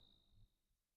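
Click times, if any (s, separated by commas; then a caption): none. A CVLIFE bipod's adjustment button in the bipod body is being handled, with low rumbling noise and a faint steady high tone that quiet down after about half a second. Nothing has snapped or seated into place yet.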